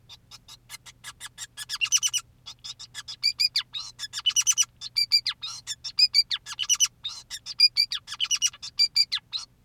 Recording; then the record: song of a male Bengalese finch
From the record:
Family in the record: son of father 2, and himself father 5